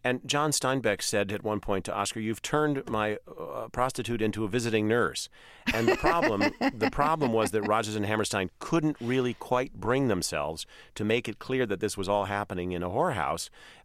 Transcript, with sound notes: And John Steinbeck said at one point to Oscar, you've turned my prostitute into a visiting nurse.
(Laughter).
And the problem was that Rodgers and Hammerstein couldn't really quite bring themselves to make it clear that this was all happening in a whorehouse.